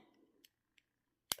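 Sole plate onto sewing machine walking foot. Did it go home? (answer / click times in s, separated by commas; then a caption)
yes / 1.3 s. A sewing machine walking foot's sole plate has its holes lined up with the foot's pegs and is pressed on. After a low rumble fades and two faint ticks at 0.5 and 0.8 seconds, the plate snaps into place with a sharp, loud click at 1.3 seconds, seating it on the walking foot.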